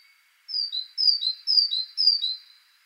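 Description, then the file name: Great tit song: four quick two-note phrases, a high thin note dropping to a lower one, repeated about twice a second in a clear run. "Parus major"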